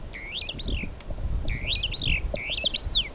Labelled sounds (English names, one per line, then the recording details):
Superb Starling flight call
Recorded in Kenya